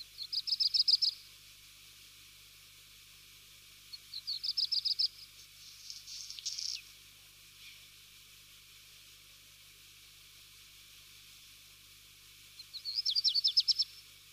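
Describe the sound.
Black redstart song of three high, fast rattling phrases, with one scratchy crackling burst after the second; otherwise quiet.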